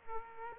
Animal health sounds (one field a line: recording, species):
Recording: mosquito wingbeat signal from an infrared sensor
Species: Culex quinquefasciatus